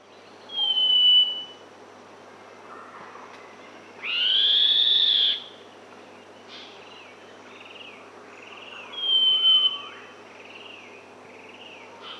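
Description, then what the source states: Northern scrub robin song: three high, thin whistles spaced several seconds apart; the middle whistle is longest. Softer, lower whistles and slurred calls sound in between. Recorded in Papua New Guinea.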